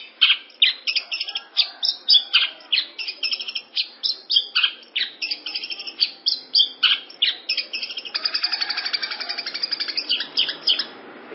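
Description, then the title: Long-tailed Shrike song of rapid sharp chips and chattering notes in steady succession, ending in a fast buzzy trill. "Audio Cendet Pentet"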